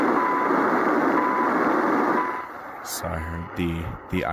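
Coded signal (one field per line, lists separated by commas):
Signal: radio time signal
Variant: CHU Canada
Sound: three short 1 kHz beeps a second apart in hissy static, then tuning warbles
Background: radio static, tuning noise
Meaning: Each short 1 kHz tone marks one second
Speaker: I am tuned to the CHU Canada time signal on 3.330 MHz in the 90 meter band.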